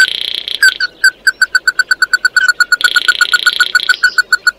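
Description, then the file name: Red-eyed bird (chim mắt đỏ) delivering a steady fast series of short ringing notes, with a grating buzzy burst at the start and another later on. "Tieng chim mat do"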